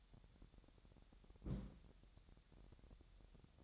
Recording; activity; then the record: daily activity, microphone in the room; place on stove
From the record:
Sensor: 3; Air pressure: 1012.1 hPa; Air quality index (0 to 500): 199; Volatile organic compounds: 3 ppm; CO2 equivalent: 1489 ppm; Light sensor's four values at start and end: 112/266/109/97 and 112/265/109/97